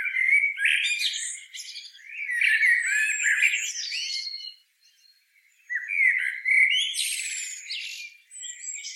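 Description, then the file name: Common blackbird warbling in scratchy, twittering bursts, a short silent gap, then another busy phrase with high squeaky notes. "Turdus merula"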